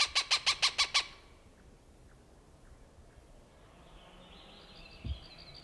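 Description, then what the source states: Cooper's hawk cackling briefly, six harsh rapid notes in the first second, then quiet with a faint high sound and a low thump. Recorded June 21, 1995.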